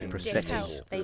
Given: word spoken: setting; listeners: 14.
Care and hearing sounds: one English word in noise, from a listening test; four-talker babble; -0.1 dB; 0 of 14; 6 of 14; 0.64 s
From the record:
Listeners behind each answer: 6, 2, 1, 1, 1, 1, 1, 1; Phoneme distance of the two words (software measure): 45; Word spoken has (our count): 2 syllables, 5 phonemes, stress on syllable 1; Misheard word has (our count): 2 syllables, 6 phonemes, stress on syllable 1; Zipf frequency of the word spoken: 4.65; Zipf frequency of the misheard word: 5.04

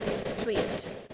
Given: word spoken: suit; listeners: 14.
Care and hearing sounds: one English word in noise, from a listening test; noise modulated by three-talker babble; -3.9 dB; 0 of 14; 14 of 14; 0.74 s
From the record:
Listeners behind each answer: 14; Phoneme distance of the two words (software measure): 17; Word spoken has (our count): 1 syllable, 3 phonemes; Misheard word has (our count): 1 syllable, 4 phonemes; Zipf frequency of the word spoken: 4.59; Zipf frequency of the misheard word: 4.98

